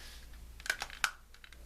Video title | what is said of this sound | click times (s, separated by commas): Transformers review Unique toys Sharkies aka Sharkticons | until you hear it click together just like | 1.0 s